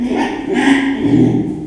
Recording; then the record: squeal of a Yucatan mini pig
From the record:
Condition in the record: after surgery on the right vocal fold (resection and tissue-engineered implant); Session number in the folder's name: 4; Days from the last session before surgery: 42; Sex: male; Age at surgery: 12 weeks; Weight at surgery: 13 kg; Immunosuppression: cyclosporine, prednisolone